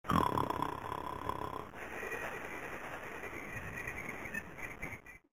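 A loud, rattling snore lasting under two seconds, with a buzzing, slightly whistling tone, followed by a softer, breathy, noisy stretch as the breath trails off. A single snoring breath, a sound effect.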